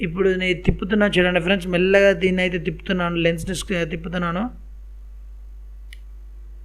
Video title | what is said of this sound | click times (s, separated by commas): Canon New model EOS 1300D Camera Unboxing Video | ఎస్, మీకు ఆ చిన్న సౌండ్ వినిపించిందా ఫ్రెండ్స్? టిక్ అని చెప్పి ఒక సౌండ్ అయితే వస్తుంది, | 5.9 s